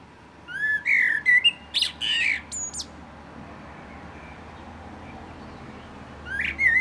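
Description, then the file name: Common blackbird song: a warbled phrase of fluty notes and high squeaks, then several seconds of quiet before a new phrase starts. "Turdus merula"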